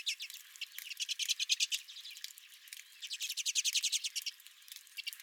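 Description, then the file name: Redpolls giving fast, evenly pulsed rattling trills in two main runs, each lasting about a second or more, among lighter twitters. Several redpolls at the recordist's own feeder. "Redpolls at My Feeder"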